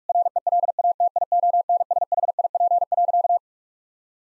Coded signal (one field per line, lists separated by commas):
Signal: Morse code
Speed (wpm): 46 wpm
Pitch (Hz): 700 Hz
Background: none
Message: RELATIONSHIP.